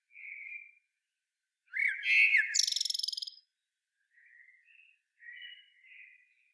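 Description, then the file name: Common blackbird singing: a short fluty note, then a rich warbled phrase that breaks into rapid high chittering, followed by a few soft, quieter whistled notes. "Turdus merula"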